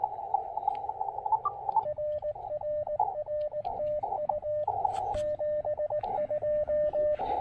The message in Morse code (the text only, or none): RRR TU 72